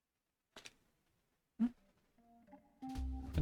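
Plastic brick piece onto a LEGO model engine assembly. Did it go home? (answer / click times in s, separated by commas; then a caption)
no / none. A plastic brick piece is pressed on top of a LEGO car engine assembly to hold a part in place, giving short plastic taps at about 0.6 s and 0.7 s and a louder knock near 1.6 s. Steady tones follow, then a fuller rumble from about 2.8 s and a sharp tap at 3.4 s. The piece fails to snap on, and nothing has seated or clicked yet.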